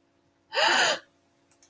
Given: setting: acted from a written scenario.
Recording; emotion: vocal sound without words; fear